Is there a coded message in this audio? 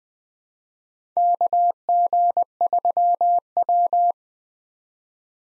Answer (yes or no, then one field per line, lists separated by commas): yes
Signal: Morse code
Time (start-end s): 1.2-4.1 s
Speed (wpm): 21 wpm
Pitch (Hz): 700 Hz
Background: none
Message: KG3W